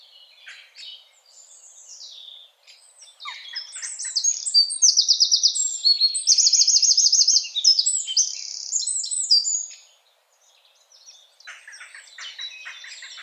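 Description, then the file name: Eurasian wren sings a loud, energetic run of high trills and piercing notes in the middle, with softer twittering before and after. "Troglodytes troglodytes"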